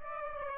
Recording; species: mosquito wingbeat signal from an infrared sensor; Aedes aegypti